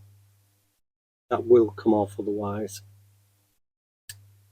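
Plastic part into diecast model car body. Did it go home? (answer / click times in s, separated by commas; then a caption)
yes / 4.1 s. Someone talks as a restored plastic part is pressed into the diecast body of a Dinky Toys 2253 Ford Capri Police Car model during restoration. The part snaps into place with a sharp, short click at 4.1 s over a low steady hum. It is seated and was not test fitted beforehand, because once clicked in it should not be pulled out again.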